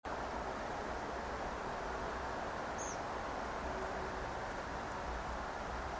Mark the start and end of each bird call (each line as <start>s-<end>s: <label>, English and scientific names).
2.77s-2.96s: Tree Pipit (Anthus trivialis)